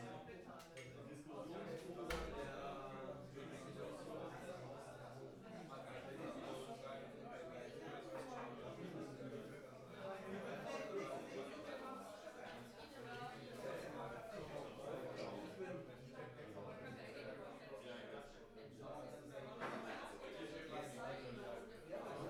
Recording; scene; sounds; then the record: everyday scene through a hearing-aid microphone; many people talking; many voices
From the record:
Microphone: behind the ear, right, rear